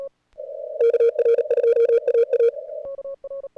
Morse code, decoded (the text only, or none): KR2AA